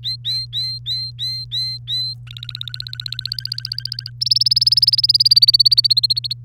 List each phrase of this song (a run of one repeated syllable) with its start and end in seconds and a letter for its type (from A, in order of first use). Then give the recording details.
0.03-2.13 A, 2.27-4.10 B, 4.21-6.33 C. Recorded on 3 May 2018 at 05:53. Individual llb3